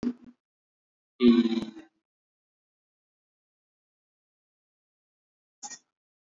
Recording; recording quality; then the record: sustained vowel as in beet; excellent, no background noise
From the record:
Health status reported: healthy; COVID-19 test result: negative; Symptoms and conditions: none ticked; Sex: male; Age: 33 years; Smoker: not ticked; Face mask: worn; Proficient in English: yes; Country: India